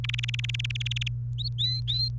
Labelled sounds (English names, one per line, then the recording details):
Domestic Canary song
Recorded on 28 April 2018 at 17:58
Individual llb3